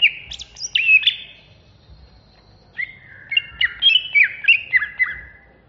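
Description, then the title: Greater green leafbird singing loud, fast whistled notes and slurred sweeps, a brief silence, then a dense run of chattering, descending whistles. Banyuwangi; bird singing in an agitated, intense style (ngentrok ngamuk). "Cucak Hijau Banyuwangi Ngentrok Ngamuk"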